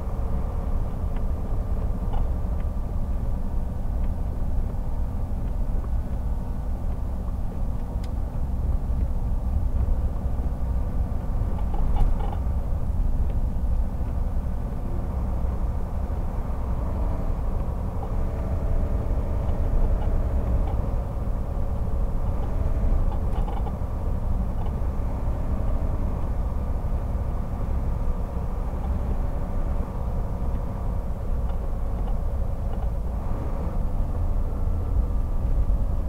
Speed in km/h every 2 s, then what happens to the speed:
52, 50, 50, 49, 49, 50, 50, 50, 51, 52, 52, 50, 50, 50, 49, 47, 45, 43.
0-20 steady at about 50. 20-36 slows to 43.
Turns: none.